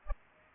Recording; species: mosquito wingbeat signal from an infrared sensor; Aedes aegypti